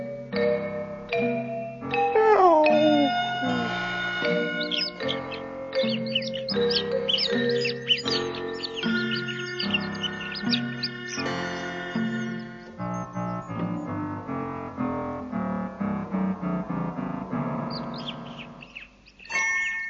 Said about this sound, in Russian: Но вот наступило утро. Двор ожил, зачирикали на ветках воробьи.